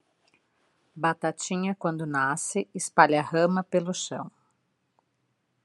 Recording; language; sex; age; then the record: short text; Brazilian Portuguese; female; 40 to 49 years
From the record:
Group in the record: control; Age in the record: 45 years